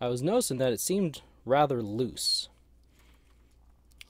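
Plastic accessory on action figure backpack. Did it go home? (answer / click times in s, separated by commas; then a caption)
released / 4.0 s. Someone talks over a quiet background while accessories (skis, snow shoes, antenna, ski attachment) sit loosely fitted onto an action figure's plastic backpack. After a faint tick at 3.9 s, one loose accessory pops off the backpack with a small, sharp plastic click at 4.0 s, released rather than locked in place.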